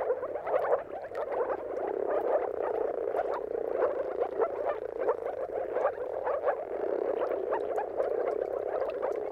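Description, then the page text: Dense moor frog chorus of gentle gurgling croaks, continuous and fairly even, with individual notes just picked out above the mass. Mating calls of a moor frog chorus at sunrise, at the turn of March and April depending on the weather; recorded by Jakub Orzecki. "Dawn’s Chorus: Mating Calls of Marsh Frogs at Sunrise. Depending on the weather at the turn of March and April, you can witness an amazing spectacle of moor frogs. Jakub Orzecki. earth.fm"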